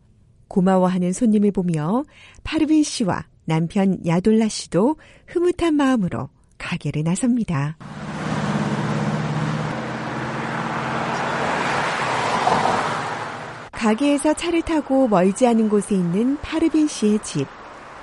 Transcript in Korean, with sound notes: 고마워하는 손님을 보며 파르빈 씨와 남편 야돌라 씨도 흐뭇한 마음으로 가게를 나섭니다.
[현장음: 샬러츠빌]
가게에서 차를 타고 멀지 않은 곳에 있는 파르빈 씨의 집.